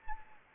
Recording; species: mosquito wingbeat signal from an infrared sensor; Anopheles gambiae